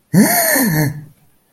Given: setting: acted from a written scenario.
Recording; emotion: vocal sound without words; negative surprise